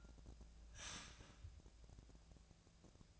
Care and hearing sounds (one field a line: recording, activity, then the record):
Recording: daily activity, microphone in the room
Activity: start toaster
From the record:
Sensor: 2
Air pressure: 1000.0 hPa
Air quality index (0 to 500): 145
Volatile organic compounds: 2 ppm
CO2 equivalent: 1232 ppm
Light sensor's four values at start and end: 27/67/28/31 and 27/67/28/31